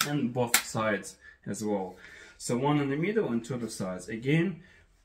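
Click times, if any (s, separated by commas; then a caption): none. Someone talks while the two halves of a plastic lint filter from an Esatto 7kg heat pump tumble dryer are handled to be pushed together and latched closed, with a faint hit in a pause. Nothing has seated or clicked yet.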